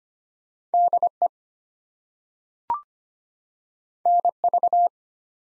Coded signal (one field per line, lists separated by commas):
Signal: Morse code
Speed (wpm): 25 wpm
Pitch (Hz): 700 Hz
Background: none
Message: DE NV